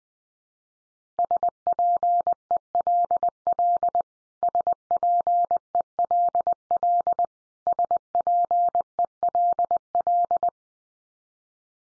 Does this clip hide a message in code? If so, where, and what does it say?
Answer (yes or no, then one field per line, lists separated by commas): yes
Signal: Morse code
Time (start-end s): 1.2-10.5 s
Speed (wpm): 20 wpm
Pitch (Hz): 700 Hz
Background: none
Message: SPELL SPELL SPELL